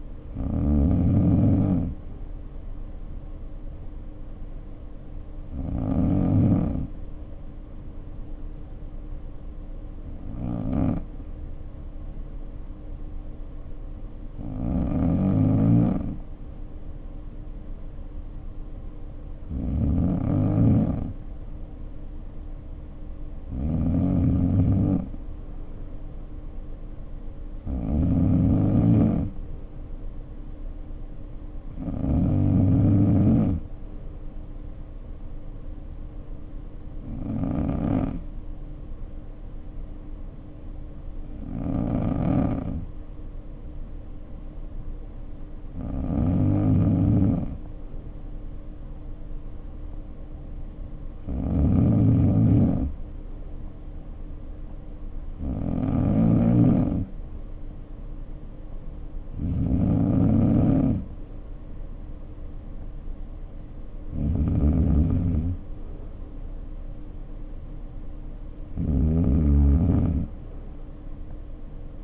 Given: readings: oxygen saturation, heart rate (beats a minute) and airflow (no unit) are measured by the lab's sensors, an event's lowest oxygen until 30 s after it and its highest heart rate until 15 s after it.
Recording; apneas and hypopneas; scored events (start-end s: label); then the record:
breathing in sleep by a smartphone at the bedside; 2
7.00-19.00 s: hypopnea (N2, oxygen 94% highest, then 91% lowest, heart rate 55 at the start, 58 highest)
38.00-52.20 s: hypopnea (N2, oxygen 94% highest, then 91% lowest, heart rate 55 at the start, 58 highest)
From the record:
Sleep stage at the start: N2 (light sleep); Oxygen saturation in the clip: 90 to 94%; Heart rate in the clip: 52 to 58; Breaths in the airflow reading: 16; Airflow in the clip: -5.5 to 4.3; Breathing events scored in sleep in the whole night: 520 in 7.2 hours asleep